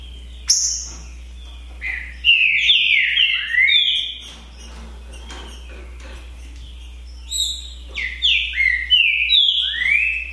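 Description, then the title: Green-winged saltator song: dense whistled phrases in two bursts several seconds apart, falling slurs with a rising finish, low hum throughout. Song contest (disputa) between trinca-ferro birds Naval and Demolidor, 2022 season; birds calling, singing and showing male display behaviour (macheando). "É UMA DISPUTA DE TRINCA FERRO PERFEITA!! NAVAL VS DEMOLIDOR 2022!"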